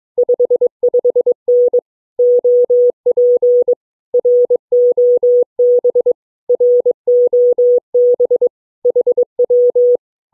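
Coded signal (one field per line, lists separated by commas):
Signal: Morse code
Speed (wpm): 21 wpm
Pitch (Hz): 490 Hz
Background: none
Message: 55N OP ROB ROB HW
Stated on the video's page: CW DX contact with Mexico, a new DXCC entity.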